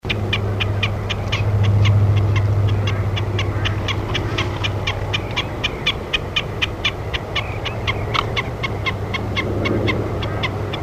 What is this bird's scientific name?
Gallinago gallinago